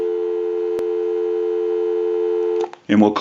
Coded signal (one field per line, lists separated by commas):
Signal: telephone call progress tone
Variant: North America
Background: speech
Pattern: dial tone